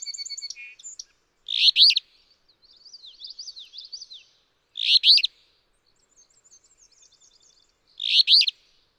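Alder flycatcher repeating a raspy, burred two-part song roughly every three seconds, with high chattering and thin warbles from other birds between phrases.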